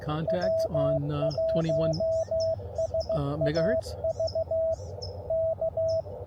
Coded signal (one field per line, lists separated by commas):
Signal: Morse code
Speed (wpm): 15 wpm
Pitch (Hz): 650 Hz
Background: speech, radio noise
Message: W1SAV K